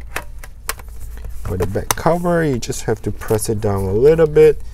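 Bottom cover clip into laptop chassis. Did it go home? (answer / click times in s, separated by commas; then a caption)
yes / 0.7 s. The aluminium bottom cover of a 2020 MacBook Air A2179 is pressed down in the center until its clip snaps into the laptop chassis, giving a sharp click at 0.7 s among a few fainter taps in the first second. Someone then talks, and the back cover is seated and secured.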